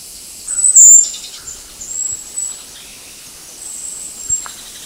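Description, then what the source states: Eyebrowed jungle flycatcher calling with high, thin whistled notes, one loud sharp whistle early on followed by softer drawn-out whistles. Recorded along a river trail on 15 August 2009.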